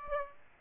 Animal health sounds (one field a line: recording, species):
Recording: mosquito wingbeat signal from an infrared sensor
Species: Aedes aegypti